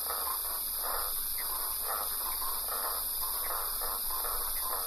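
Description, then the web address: Frog calls, soft pulsed notes repeated about twice a second over a steady hiss and hum. "лягушки"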